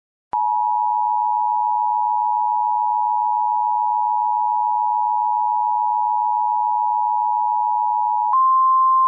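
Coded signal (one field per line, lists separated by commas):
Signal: Emergency Alert System (SAME) tones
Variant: 853 and 960 Hz attention tone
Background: music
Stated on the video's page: Blizzard warning carried on a weather radio station.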